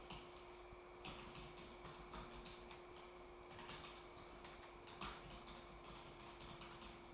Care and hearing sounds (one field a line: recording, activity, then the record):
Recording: daily activity, microphone in the room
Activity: typing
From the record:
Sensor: 1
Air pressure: 1004.5 hPa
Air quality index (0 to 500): 196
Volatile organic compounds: 17 ppm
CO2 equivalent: 2592 ppm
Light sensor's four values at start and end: 4/11/4/4 and 4/11/4/4